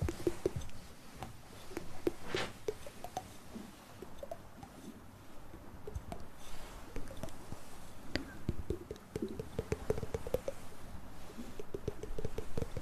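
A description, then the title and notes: Tapping and soft mouth sounds come in quick, irregular clicks throughout, with a busier, louder stretch near the start and again toward the end. Tap trigger and mouth sounds.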